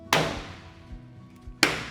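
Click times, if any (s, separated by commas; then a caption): 0.1 s, 1.6 s. Plastic clips of a clip-on rainwater tank screen (Easy Fit) are pushed down firmly to lock onto the lugs of the tank inlet ring. Two sharp snaps are heard at 0.1 s and 1.6 s, with faint low thumps in between. The clips seat, though only two of the three snaps are heard.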